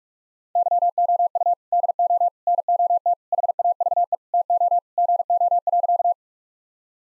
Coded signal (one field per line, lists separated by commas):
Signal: Morse code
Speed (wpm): 45 wpm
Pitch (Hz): 700 Hz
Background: none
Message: YOU DO NOT HAVE TO GO.